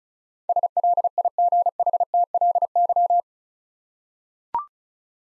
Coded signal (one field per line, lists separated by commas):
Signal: Morse code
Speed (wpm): 36 wpm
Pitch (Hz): 700 Hz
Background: none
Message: SLIGHTLY